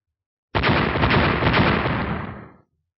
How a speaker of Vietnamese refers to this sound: Ba tiếng nổ vang liên tục nhất thời hấp dẫn sự chú ý của tất cả mọi người đang giao chiến xung quanh. Nhưng khi bọn hắn nhìn lại thì tâm thần chấn động. Ba cái diệt nhật lôi đã nổ tung trên người Tô Minh rồi bị phá hủy.